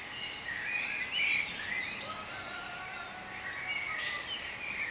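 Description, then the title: Bird chorus of bright overlapping chirps and thin whistled notes, constant throughout over a faint hum. "cizici, birds"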